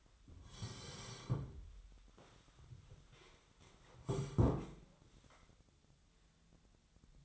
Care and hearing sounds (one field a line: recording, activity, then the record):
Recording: daily activity, microphone in the room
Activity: sit down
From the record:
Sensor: 3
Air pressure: 1015.2 hPa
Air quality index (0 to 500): 151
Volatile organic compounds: 9 ppm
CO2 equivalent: 2158 ppm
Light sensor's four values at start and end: 15/40/16/17 and 15/38/15/16